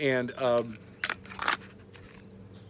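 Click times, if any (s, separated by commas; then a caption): none. Someone talks briefly, then a Ruger Security 9 compact pistol is pushed into a Galco inside-the-waistband holster made for a Glock 19, giving a few sharp scraping and rustling handling sounds between about 1.0 and 1.5 seconds. Nothing has clicked into place yet, since the holster is made for a different pistol, though it still holds the gun firmly.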